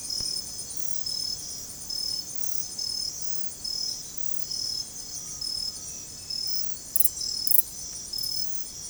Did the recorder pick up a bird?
no